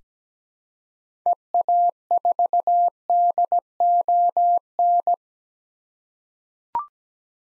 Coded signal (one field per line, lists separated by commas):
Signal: Morse code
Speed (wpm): 17 wpm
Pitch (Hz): 700 Hz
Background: none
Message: EA4DON